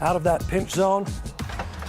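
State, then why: Not seated. The folding platform of a fiberglass aerial safety cage ladder is being handled as it comes down toward the cage crossbar while someone talks, with a couple of brief sharp sounds near the end. Nothing has seated or locked onto the crossbar yet.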